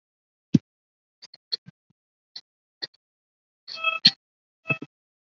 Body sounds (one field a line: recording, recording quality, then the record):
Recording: shallow voluntary cough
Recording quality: poor, much background noise or distortion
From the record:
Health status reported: COVID-19 positive, moderate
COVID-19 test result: positive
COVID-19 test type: RT-PCR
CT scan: taken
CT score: 1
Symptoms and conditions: breathing difficulty, hypertension, diabetes, ischaemic heart disease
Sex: male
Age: 40 years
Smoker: no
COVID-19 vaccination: both doses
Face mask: not worn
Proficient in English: no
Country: India